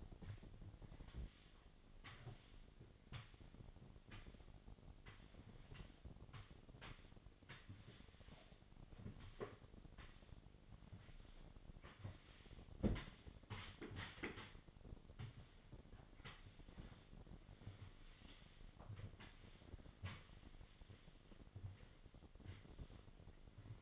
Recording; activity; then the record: daily activity, microphone in the room; sweep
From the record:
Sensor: 4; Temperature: 28.5 degrees Celsius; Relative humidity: 34.1%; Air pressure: 1007.8 hPa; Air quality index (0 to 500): 192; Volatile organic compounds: 6 ppm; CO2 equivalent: 1922 ppm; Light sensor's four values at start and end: 22/70/27/26 and 21/68/26/25